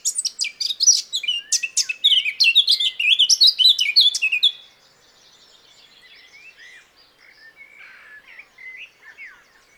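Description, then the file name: Eurasian blackcap singing a loud, rapid warble of mixed chirps and whistled slurs for about four and a half seconds, then softer, scattered twittering. "Sylvia atricapilla"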